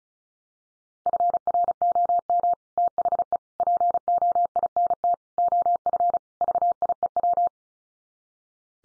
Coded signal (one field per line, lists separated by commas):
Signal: Morse code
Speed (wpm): 34 wpm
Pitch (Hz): 700 Hz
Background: none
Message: FROM THE POINT OF VIEW